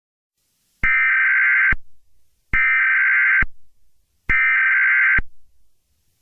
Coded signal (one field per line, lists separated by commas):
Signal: Emergency Alert System (SAME) tones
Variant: header bursts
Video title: EAS Mock - Chemical Release